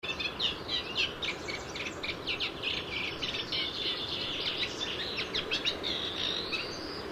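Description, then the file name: Eurasian reed warbler in full song, rapid rhythmic chattering with repeated harsh phrases, ending on a thin rising note, steady hum behind. Recorded at Lyngs. "Roersanger Lyngs"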